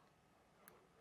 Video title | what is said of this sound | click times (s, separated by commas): etrailer - Installing the Pop & Lock Custom Tailgate Lock on a 2021 Toyota Tacoma | goes to the G. Just push those in until they click, | 0.7 s